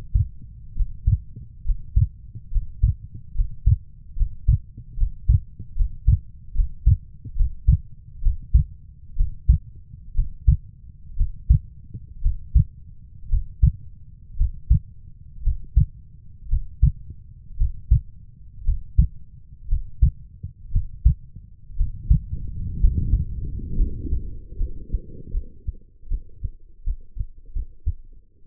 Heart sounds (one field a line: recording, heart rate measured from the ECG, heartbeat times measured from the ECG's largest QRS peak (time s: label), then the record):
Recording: heart sounds by stethoscope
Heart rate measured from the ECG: 65 bpm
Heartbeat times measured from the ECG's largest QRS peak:
0.74 s: heartbeat
1.64 s: heartbeat
2.50 s: heartbeat
3.33 s: heartbeat
4.15 s: heartbeat
4.96 s: heartbeat
5.75 s: heartbeat
6.54 s: heartbeat
7.35 s: heartbeat
8.21 s: heartbeat
9.15 s: heartbeat
10.14 s: heartbeat
11.16 s: heartbeat
12.21 s: heartbeat
13.28 s: heartbeat
14.36 s: heartbeat
15.42 s: heartbeat
16.48 s: heartbeat
17.57 s: heartbeat
18.64 s: heartbeat
19.68 s: heartbeat
20.71 s: heartbeat
21.76 s: heartbeat
22.79 s: heartbeat
23.75 s: heartbeat
24.57 s: heartbeat
25.31 s: heartbeat
26.08 s: heartbeat
26.84 s: heartbeat
27.53 s: heartbeat
From the record:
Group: healthy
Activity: Valsalva maneuver 0-20 s, rest 20-29 s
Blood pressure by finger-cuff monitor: 103/68 mmHg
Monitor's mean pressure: 77 mmHg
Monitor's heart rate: 64 bpm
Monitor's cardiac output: 4.5 L/min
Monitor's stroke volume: 72 mL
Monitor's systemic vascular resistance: 1230 dyn s/cm5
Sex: female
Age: 23 years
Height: 160 cm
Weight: 50.4 kg